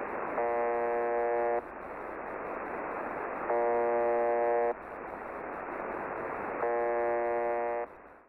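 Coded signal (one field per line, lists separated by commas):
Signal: channel marker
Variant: UVB-76 (The Buzzer)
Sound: three harsh low buzzes, each about a second long, repeating every three seconds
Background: radio static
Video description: I noticed the quiet buzz come back on,while inadvertently tuned to the suppressed LSB side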